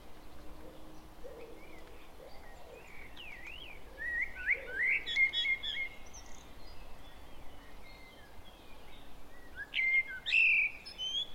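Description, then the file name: Common blackbird song: mellow fluted phrases that rise and fall, with a brief high twitter. "Turdus merula"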